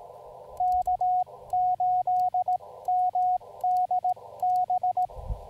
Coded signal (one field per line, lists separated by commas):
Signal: Morse code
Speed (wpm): 25 wpm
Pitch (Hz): 730 Hz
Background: radio noise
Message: K8MDB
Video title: US 7848 Clifton Gorge POTA Activation Morse Code CW Practice Parks on the Air with Begali Traveler